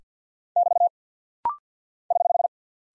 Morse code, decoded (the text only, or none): <BT> <HH>